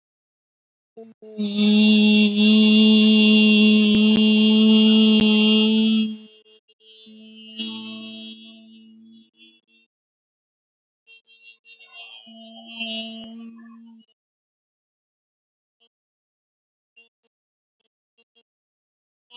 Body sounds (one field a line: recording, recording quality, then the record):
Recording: sustained vowel as in beet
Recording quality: excellent, no background noise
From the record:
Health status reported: healthy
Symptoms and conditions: fever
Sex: female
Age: 20 years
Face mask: not worn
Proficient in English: yes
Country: India